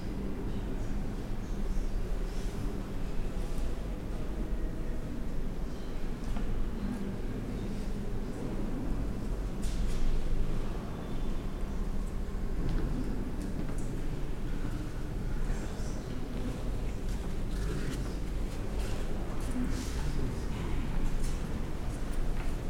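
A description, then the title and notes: A steady low rumble fills the abbey, with soft murmuring voices running throughout. Faint clicks and taps, likely footsteps, surface irregularly, a little more noticeable around ten seconds and near the end, while the overall level stays fairly even. Binaural Bath Abbey Ambiance | City of Bath.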